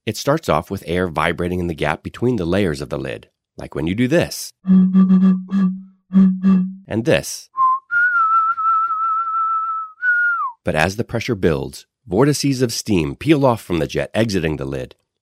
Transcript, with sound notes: It starts off with air vibrating in the gap between the layers of the lid, like when you do this [sound of blowing over an empty bottle] and this [sound of whistling].
But as the pressure builds, vortices of steam peel off from the jet exiting the lid.